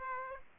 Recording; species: mosquito wingbeat signal from an infrared sensor; Aedes aegypti